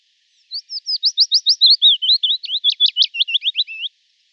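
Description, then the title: Willow warbler song: a single phrase of many quick, sweet whistled notes, lasting about three and a half seconds. "Sylvain Jaskowiak - Mes piafs. Pouillot fitis"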